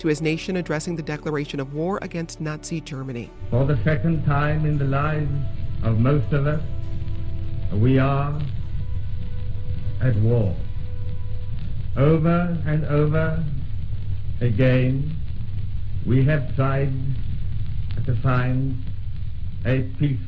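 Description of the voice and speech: A brief narrator introduction is followed by an old recording of a man's first wartime radio broadcast, addressing war against Nazi Germany in a slow, formal voice. Repeated pauses of up to a second break phrases, and some vowels are drawn out. The speaker had a severe stammer that at times made full sentences impossible; here it is mild and managed, with hesitation blocks.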